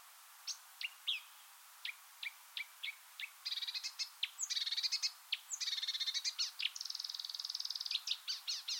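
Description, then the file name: Marsh warbler song, scattered sharp ticks building into rapid buzzy trills and harsh rattling phrases mixed with clear whistles, dense and varied. "suara kicauan burung marsh warbler. omkicau"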